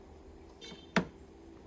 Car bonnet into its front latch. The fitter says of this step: Okey, letak tekan sampai dia bunyi klik.